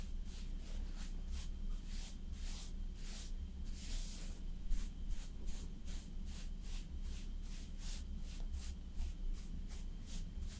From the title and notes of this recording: ASMR Slowly Doing Your Makeup with Personal Attention (No Talking).